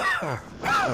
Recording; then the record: coughing mixed with background sound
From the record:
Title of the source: Heavy cold and sore throat coughing.